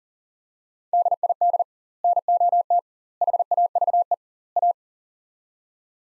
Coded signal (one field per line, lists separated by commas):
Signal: Morse code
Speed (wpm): 40 wpm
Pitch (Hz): 700 Hz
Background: none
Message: DID NOT HAVE A